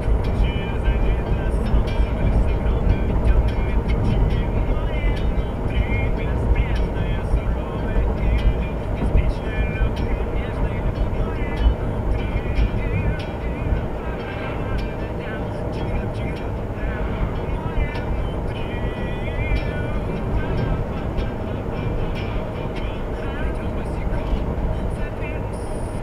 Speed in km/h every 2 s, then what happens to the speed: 75, 76, 76, 76, 75, 75, 76, 75, 75, 75, 75, 75, 75.
0-26 steady at about 75.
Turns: none.